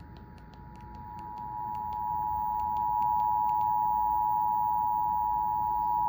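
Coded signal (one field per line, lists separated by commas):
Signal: Emergency Alert System (SAME) tones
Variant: 853 and 960 Hz attention tone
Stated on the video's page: Required Monthly Test of the Emergency Alert System, carried by Cox cable.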